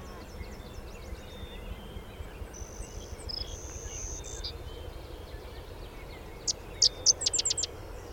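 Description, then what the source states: Sedge wren song: a high buzzy note midway, then a quick series of sharp, dry chips near the end, against a low hiss. Recorded 13 May 2001; three songs.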